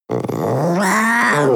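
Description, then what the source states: Young panther crying, a loud harmonic wail that starts rough and growly, then becomes a steadier, higher drawn-out cry. Young animal.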